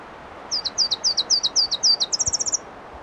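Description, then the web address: Pallas's leaf warbler song: a short series of high paired whistled notes repeated evenly, closing with a rapid trill. Listvyanka, 25 June 2012. "June 25 2012 Phproregulus Listvyanka"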